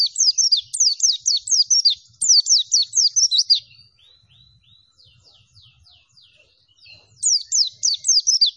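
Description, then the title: Oriental white-eye song with long runs of high, rapid down-slurred chirps, a stretch of soft twittering in the middle, and another loud burst near the end. Lively singing (gacor). "Pleci Gacor"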